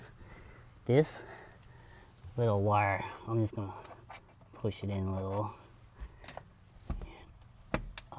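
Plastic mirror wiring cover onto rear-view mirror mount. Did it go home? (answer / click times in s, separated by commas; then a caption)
yes / 7.7 s, 8.0 s. Someone talks while tucking excess wire in, then pushes the plastic wiring cover back onto the rear-view mirror mount. Sharp clicks sound at 7.7 s and 8.0 s as the cover snaps back into place.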